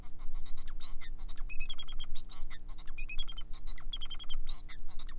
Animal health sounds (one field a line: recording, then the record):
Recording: song of a male Bengalese finch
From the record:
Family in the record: son of father 4